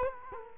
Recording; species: mosquito wingbeat signal from an infrared sensor; Culex quinquefasciatus